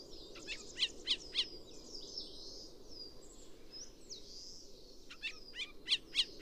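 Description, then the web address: Chestnut-cheeked starling calls: sharp high chips in short bursts at the start and end, with soft slurred squeaks between. "komukudori"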